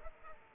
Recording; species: mosquito wingbeat signal from an infrared sensor; Culex pipiens